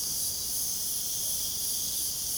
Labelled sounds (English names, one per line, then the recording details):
none
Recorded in pastures near Puerto Asís, Putumayo, Colombia, on 27 June 2025 at 22:30
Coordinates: 0.497, -76.327
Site G040